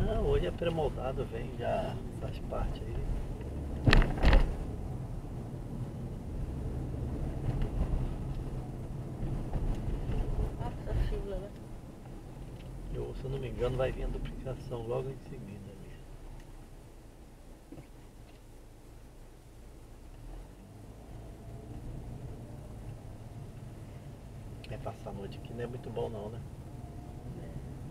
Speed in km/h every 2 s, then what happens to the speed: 26, 27, 28, 30, 31, 29, 22, 6, 3, 2, 11, 12, 13, 14.
0-9 steady at about 28. 9-17 brakes to 2. 17-20 speeds up to 11. 20-28 steady at about 12.